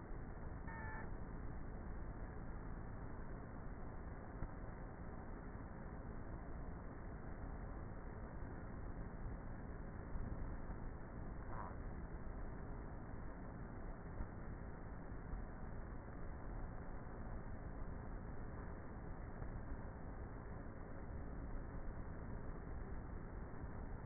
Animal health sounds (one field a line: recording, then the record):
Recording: honeybee colony, microphone inside the hive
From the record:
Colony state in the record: queenless with a low population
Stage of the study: before two queens were removed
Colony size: about 30,000 bees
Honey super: no